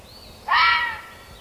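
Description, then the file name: Fisher scream: one abrupt, hoarse, slightly tonal shriek of about half a second, then quiet background hiss. "Fisher cat sound"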